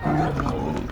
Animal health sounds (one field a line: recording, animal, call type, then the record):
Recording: contact call of a hoofed animal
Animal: wild boar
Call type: grunt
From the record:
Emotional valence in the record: negative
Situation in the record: naturally occurring agonistic interactions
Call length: 0.92 s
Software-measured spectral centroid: 1440 Hz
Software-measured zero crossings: 1090 a second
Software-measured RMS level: -24 dBFS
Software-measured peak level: -12 dBFS